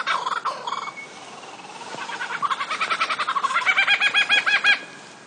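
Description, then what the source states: Lyrebird song, a long series of repeated rattling, chuckling notes that build steadily in loudness and then stop abruptly. Sherbrooke Forest, Victoria; sent in by listener Izzy Taylor; may include mimicry.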